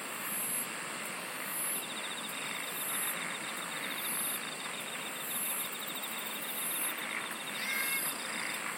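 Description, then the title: Chorus of insects with very high, buzzy phrases repeating regularly over a dense hiss and a rapid ticking trill. "SINGING OF INSECTS"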